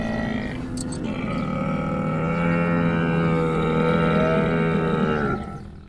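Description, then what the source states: Dromedary camel giving a long, deep, rasping groan that holds steady for about five seconds before cutting off, with a short knock near the start. Recorded at a camel farm in Bahrain on 27 February 2016, second of two parts.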